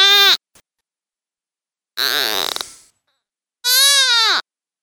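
Deer fawn distress calls: loud, harsh bleats with stacked harmonics, three cries spaced by silent gaps, the middle one noisier and fading.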